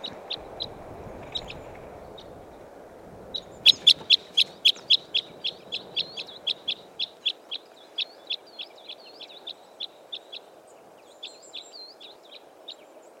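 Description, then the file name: Red crossbill flight calls: short, sharp chip notes, rapidly repeated, faint at first, loud after a few seconds and then gradually fading. Type 12, flight calls. "Red Crossbill Type N 12-FCs"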